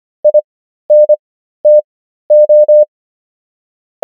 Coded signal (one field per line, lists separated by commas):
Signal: Morse code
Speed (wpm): 25 wpm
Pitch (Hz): 600 Hz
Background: none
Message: INTO